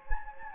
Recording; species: mosquito wingbeat signal from an infrared sensor; Anopheles gambiae